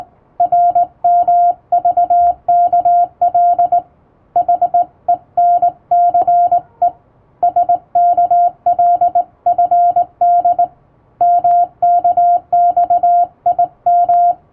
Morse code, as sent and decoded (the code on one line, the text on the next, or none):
.-. -- ...- -.- .-.. / .... . -. -.-. . / ... -.- .-.. ..-. -.. / -- -.- -..- .. --
RMVKL HENCE SKLFD MKXIM